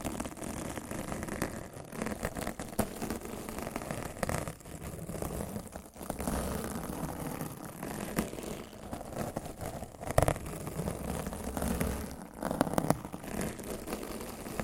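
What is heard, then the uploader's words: Rough scratching and brushing on a microphone, a dense, continuous rumble of rubbing with a low, motor-like drone beneath. Sharp louder scrapes stand out around 2, 4, 6, 10 and 12–13 seconds, and the texture shifts constantly in pressure and grain. ASMR Rough Mic Scratching & Brushing (No Talking).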